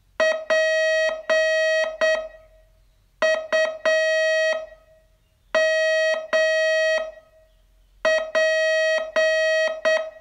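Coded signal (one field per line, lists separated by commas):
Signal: Morse code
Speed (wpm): 8 wpm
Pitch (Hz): 640 Hz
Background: music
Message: PUMP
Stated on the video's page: Morse training lesson, day 27 of a 42-day course.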